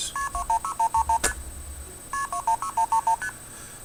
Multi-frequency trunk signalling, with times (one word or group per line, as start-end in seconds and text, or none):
0.2-0.7 KP26
1.3-1.3 ST
2.1-2.7 KP26
3.2-3.3 ST